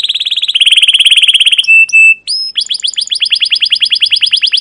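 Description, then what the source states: Canary sings a fast ringing trill, a couple of pure whistled tones, then another steady rolling series of repeated chirps. Canary song with long continuous singing, cuit cuit calls and ngerol rolling trills, used as a pancingan lure to train other canaries.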